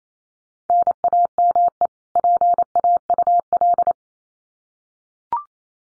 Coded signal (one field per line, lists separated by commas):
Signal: Morse code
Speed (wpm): 28 wpm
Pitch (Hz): 700 Hz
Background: none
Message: NAME PAUL